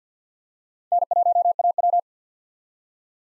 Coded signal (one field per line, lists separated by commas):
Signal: Morse code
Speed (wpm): 50 wpm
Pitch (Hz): 700 Hz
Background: none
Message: N1AW